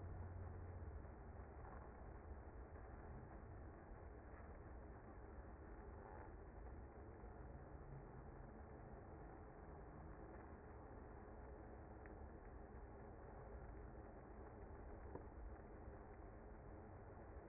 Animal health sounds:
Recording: honeybee colony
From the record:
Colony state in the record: active

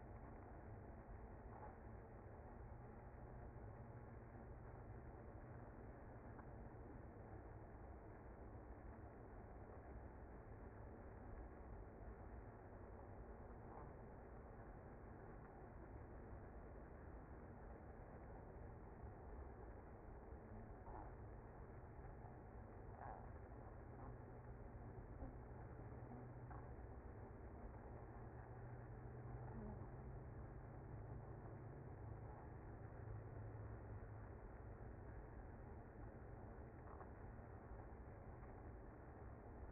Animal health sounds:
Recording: honeybee colony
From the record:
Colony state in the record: active

